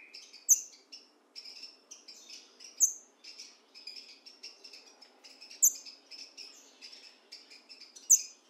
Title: Trinca Ferro NICÃO No Mato Disputando Com Solto